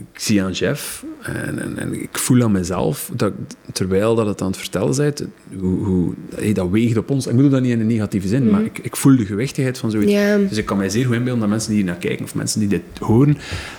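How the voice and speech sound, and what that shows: An adult man speaks conversational Flemish Dutch at a relaxed pace, with only ordinary hesitations and word repeats.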